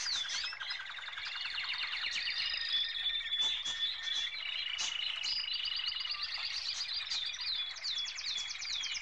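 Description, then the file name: Birds twittering in a busy chorus, rapid trills, sharp downslurred chirps and a few longer whistled notes overlapping for the whole stretch. "Birds chirping and tweeting"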